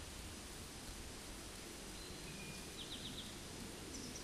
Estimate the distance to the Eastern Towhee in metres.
about 100 m